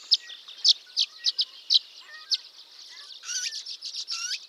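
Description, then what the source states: Violet-green Swallow tweeting: spaced, bright high chirps in an uneven series, then a run of fast twitters and swooping slurred notes. Sweet, musical tweet, usually in series; lacks some of the harsher elements of the other swallows.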